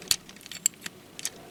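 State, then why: Partly seated. A limb or panel of a plastic Hasbro Armada Nemesis Prime transforming robot figure (2003 Unicron Trilogy) is pushed into its locking position during transformation. Sharp, light plastic clicks and taps sound through the clip, with the loudest at 0.7 seconds, where the part catches. It holds only loosely and does not lock firmly, as this is an older toy.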